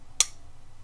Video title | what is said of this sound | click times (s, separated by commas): 5 Knives I HATE to love! | i mean it locks it into place it's not going anywhere until | 0.2 s